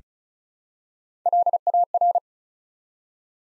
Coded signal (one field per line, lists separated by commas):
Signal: Morse code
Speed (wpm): 36 wpm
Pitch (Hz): 700 Hz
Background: none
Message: LAR